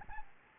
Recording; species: mosquito wingbeat signal from an infrared sensor; Aedes albopictus